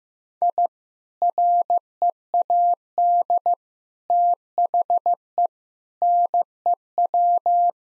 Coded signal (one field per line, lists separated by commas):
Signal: Morse code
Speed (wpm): 15 wpm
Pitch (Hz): 700 Hz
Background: none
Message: I READ THE NEW